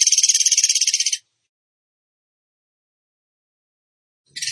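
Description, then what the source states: Bird song: one high, fast pulsed trill lasting just over a second, then silence, and another trill beginning at the end. Bird singing in the tembakan gacor style, for training other birds (masteran).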